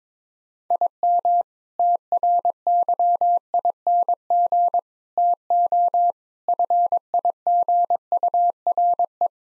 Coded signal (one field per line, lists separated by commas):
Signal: Morse code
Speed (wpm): 22 wpm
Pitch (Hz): 700 Hz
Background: none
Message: IM TRYING TO FIGURE